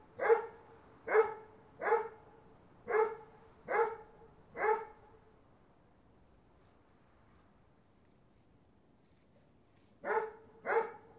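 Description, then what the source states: Dog barks in a run of six quick, regular woofs, then several seconds of silence before two more barks. More than one dog in the recording.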